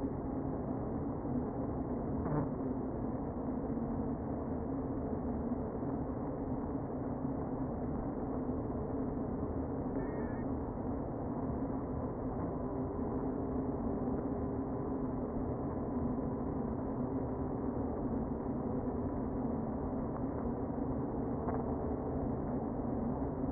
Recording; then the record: honeybee colony, microphone inside the hive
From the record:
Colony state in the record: queen present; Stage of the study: before two queens were removed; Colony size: about 60,000 bees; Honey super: yes